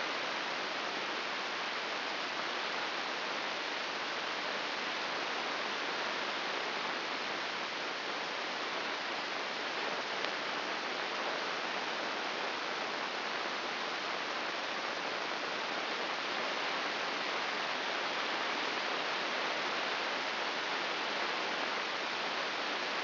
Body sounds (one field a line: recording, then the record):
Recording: brain microelectrode recording played as sound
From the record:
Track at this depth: inside the subthalamic nucleus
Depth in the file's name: 4.801 mm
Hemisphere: right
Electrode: 2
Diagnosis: Parkinson's disease